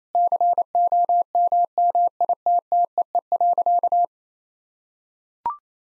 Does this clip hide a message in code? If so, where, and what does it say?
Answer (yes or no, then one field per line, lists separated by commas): yes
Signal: Morse code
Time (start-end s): 0.1-4.0 s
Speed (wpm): 28 wpm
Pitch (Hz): 700 Hz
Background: none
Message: COMMITTEE.